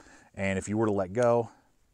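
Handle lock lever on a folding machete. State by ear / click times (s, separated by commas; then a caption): not seated / none. Someone talks while handling the handle lock lever on a Gerber DoubleDown folding machete, with all four levers pinched just before letting go. Nothing has seated or clicked yet; the machete handle lock has not snapped into place when the clip ends.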